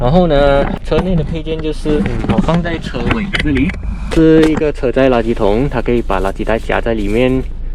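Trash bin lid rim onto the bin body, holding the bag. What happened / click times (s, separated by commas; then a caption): No seating click; only talking while the part is handled, not yet home / none. Someone talks throughout as they handle a leak-proof car trash bin kept on the back seat of a 2022 Proton Persona, whose lid rim clips down onto the bin body over the edge of a garbage bag to hold it. The lid is being handled but has not clipped shut yet; nothing has seated or clicked in this clip.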